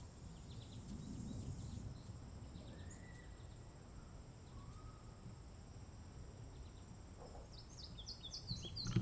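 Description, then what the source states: Cricket gives a continuous high, shimmering trill throughout, with a few soft bird whistles and high chirps above a low background rumble. Summer ambience with crickets and birds.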